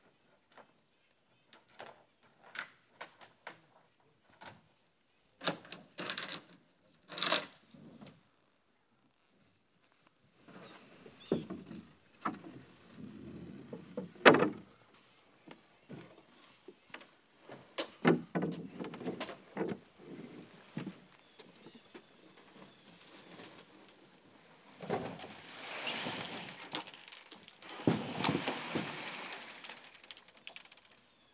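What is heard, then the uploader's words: An outdoor scene in Québec. Scattered short knocks, rustles and handling sounds come and go for the first part. From about eleven seconds on there are denser stretches of shuffling and scraping, with a louder, hissing burst around twenty-five to thirty seconds. Québec Soundscape. Vous êtes dans la nature québécoise. Enregistré en septembre 2011.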